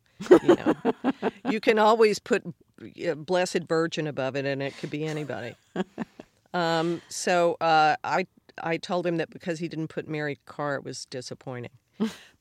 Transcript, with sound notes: you know?
(Laughter).
You can always put blessed virgin above it, and it could be anybody.
(Laughter).
So I told him that because he didn't put Mary Karr, it was disappointing.